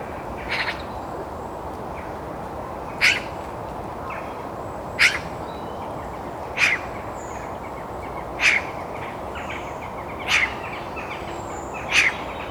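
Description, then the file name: Eurasian magpie giving several harsh, rasping single calls against a steady background hiss. "Pica pica"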